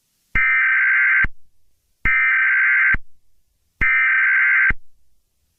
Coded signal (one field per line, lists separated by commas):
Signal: Emergency Alert System (SAME) tones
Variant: header bursts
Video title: GAINESVILLE - A tornado EAS Scenario